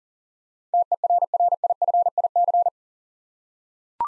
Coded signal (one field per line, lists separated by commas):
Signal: Morse code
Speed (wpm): 40 wpm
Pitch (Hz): 700 Hz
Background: none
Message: TERRIFIC